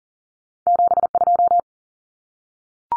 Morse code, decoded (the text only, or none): 72